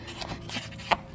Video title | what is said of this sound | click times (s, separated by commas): 2018 VW Golf R - MK 7.5 - Spare Tire Retrofit | its formed in the toolkit but it just pops right in there you push it down until | 0.9 s